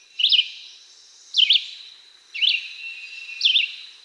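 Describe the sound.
Red-eyed Vireo song: four quick phrases about a second apart, each rapidly rising and falling, over a steady high background hiss.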